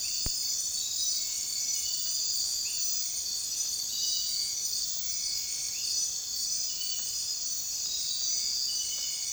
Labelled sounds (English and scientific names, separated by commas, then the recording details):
none
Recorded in dense forest near Puerto Asís, Putumayo, Colombia, on 29 June 2025 at 02:30
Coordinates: 0.466, -76.327
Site GP04